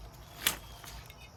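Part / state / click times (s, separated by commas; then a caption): leg of a folding camp chair locking into the chair frame / seated / 0.5 s. A leg of a folding camp chair is pulled out until its joint locks into the chair frame. A single sharp click is heard at 0.5 s, followed by softer, quieter sounds. The leg is seated.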